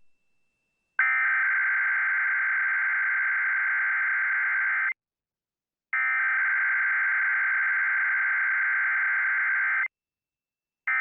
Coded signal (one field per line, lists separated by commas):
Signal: Emergency Alert System (SAME) tones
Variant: header bursts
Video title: TV EAS #13-15 (EAS #19-21): Required Monthly Test, 7/9/15